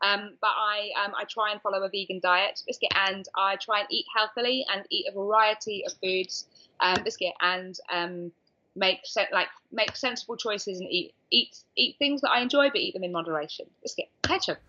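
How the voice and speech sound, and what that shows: Fluent female speech about diet interrupted by blurted unrelated words, 'biscuit' and 'ketchup': vocal tics of Tourette syndrome.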